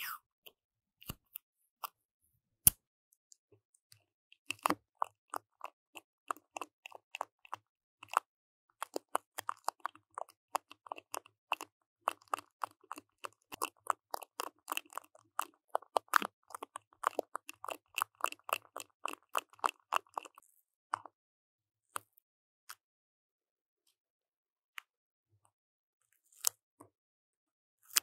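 Paper washi tape is worked onto a Yeti microphone in crisp, crunchy ticks and crinkles. A few isolated clicks open, then a dense, rapid run of crackling taps lasts from about five to twenty seconds before thinning to scattered taps.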